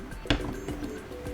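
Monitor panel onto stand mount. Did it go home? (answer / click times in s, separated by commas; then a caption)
no / none. An MSI G242L gaming monitor panel is pushed onto its stand mount, giving a sharp knock at about 0.3 s followed by quieter rubbing and tapping. The panel does not latch on this first try, and nothing has seated or clicked yet, so it has to be redone.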